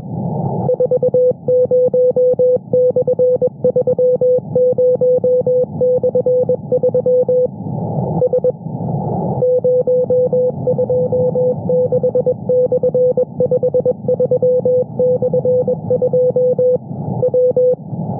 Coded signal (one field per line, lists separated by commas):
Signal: Morse code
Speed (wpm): 21 wpm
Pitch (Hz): 500 Hz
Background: music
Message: 40/30/3 S 026/53/2 W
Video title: Intrusión diaria en 15 metros: 21,438 kHz CW, QTCs de "RCV"